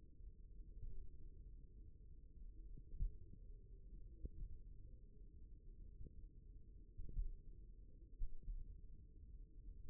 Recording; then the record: forearm muscle sounds (acoustic myography)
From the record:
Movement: finger pinch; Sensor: system 1, eight BSWA MPA416 microphones around the upper forearm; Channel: 2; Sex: male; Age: 54 years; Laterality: right